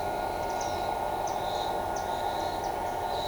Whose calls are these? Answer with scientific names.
none